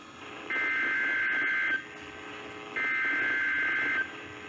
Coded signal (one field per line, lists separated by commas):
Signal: Emergency Alert System (SAME) tones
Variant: header bursts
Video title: A Night of Severe DXing- EAS Alerts from 6/15/2022 (EAS#533-561)